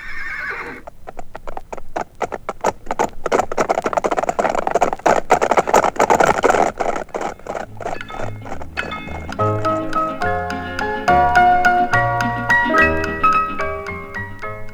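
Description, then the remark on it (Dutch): Horses trot with a rapid, steady clip-clop of hooves, sharp and fairly loud. After about eight seconds a melodic tune with sustained notes joins in over the fading hoofbeats. “Ja, vooruit, zadel de paarden.”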